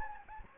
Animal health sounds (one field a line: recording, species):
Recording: mosquito wingbeat signal from an infrared sensor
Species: Anopheles gambiae